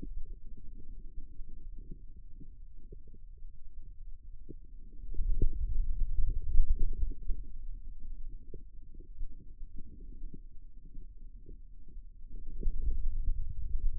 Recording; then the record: forearm muscle sounds (acoustic myography)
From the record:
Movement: ulnar deviation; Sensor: system 2, bracelet of six BSWA MPA416 microphones around the upper forearm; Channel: 4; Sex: male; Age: 22 years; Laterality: right